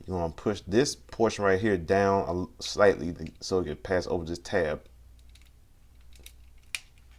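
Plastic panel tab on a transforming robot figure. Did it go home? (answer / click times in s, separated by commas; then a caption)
yes / 6.8 s. Someone talks while a plastic panel on a Takara Transformers Masterpiece MP-27 Ironhide robot figure is rotated downward and pushed so it passes over a small tab. After the talking stops, faint ticks lead to a sharp click at 6.8 s as the panel locks into place.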